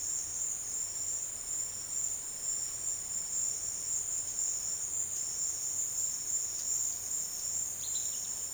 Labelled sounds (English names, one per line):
none